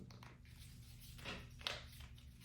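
A plastic screen protector frame is pressed onto the body of a Poetic Revolution phone case for an N200 5G. Over a steady low hum, faint scraping and handling sounds build to a sharp click at 1.7 s as the frame snaps home, leaving it seated.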